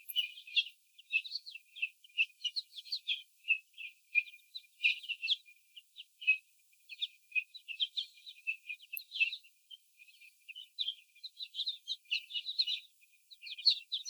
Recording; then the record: young laying hens in a cage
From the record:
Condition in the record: before the stressor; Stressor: sudden umbrella opening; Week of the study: 3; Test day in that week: 2